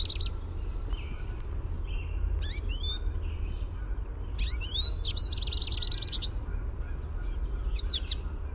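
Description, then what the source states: American goldfinch contact song: a few high twittering phrases with rising slurred notes, spaced by short pauses, over a steady low rumble. Contact song, a "sweeet" note.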